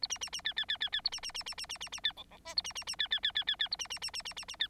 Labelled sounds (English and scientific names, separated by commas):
Bengalese Finch (Lonchura striata domestica) song